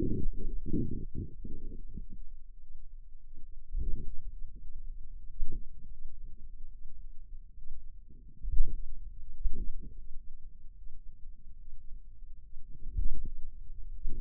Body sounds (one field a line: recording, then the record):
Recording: forearm muscle sounds (acoustic myography)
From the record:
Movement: finger pinch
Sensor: system 2, bracelet of six BSWA MPA416 microphones around the upper forearm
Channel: 5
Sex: female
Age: 23 years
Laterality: right